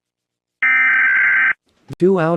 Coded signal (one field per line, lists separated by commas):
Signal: Emergency Alert System (SAME) tones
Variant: header bursts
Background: speech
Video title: Trollface rate the eas alarm